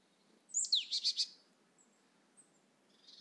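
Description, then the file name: Marsh tit call, a high note sliding downward followed by a rapid run of three buzzy notes, then quiet with faint high sounds. "Poecile palustris"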